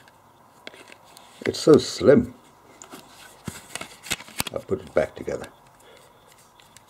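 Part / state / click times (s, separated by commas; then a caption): plastic back cover clipping onto a smartphone body / not seated / none. Someone talks while handling the plastic back cover of a THL T6C smartphone, getting ready to press it back onto the phone's body. Light taps and handling noises come and go, but the cover has not snapped on or clicked into place yet.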